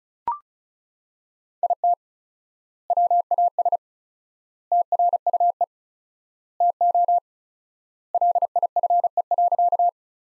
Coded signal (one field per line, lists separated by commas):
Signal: Morse code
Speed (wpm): 36 wpm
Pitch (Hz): 700 Hz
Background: none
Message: IT WAS TRUE TO LIFE.